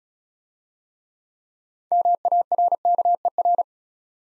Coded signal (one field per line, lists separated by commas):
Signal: Morse code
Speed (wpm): 35 wpm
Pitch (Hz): 700 Hz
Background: none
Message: MARKER